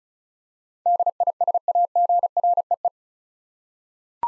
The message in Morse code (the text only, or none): DISAGREE